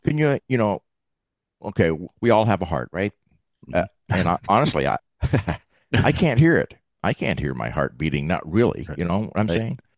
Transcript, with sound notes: Can you, you know... Okay, we all have a heart, right? Yeah And honestly, I, (laughs) I can't hear it. I can't hear my heart beating, not really.
You know what I'm saying?